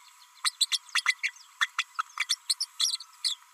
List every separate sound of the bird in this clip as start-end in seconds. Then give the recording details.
0.44-0.51, 0.60-0.66, 0.71-0.78, 0.94-1.02, 1.06-1.15, 1.23-1.32, 1.60-1.67, 1.78-1.84, 1.98-2.02, 2.19-2.27, 2.29-2.35, 2.49-2.54, 2.60-2.66, 2.79-2.97, 3.00-3.03, 3.24-3.36. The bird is a female. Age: 32 days. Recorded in a nest box in Venezuela. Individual 17B32A5